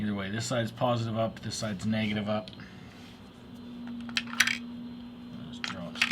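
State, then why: Seated. Someone talks, then batteries clatter into the battery bay of a Sigelei 213 vape box mod at about 4.2–4.5 s. The battery door is closed over them and drops down, clicking into place at 5.6 s and 6.0 s, fully seated.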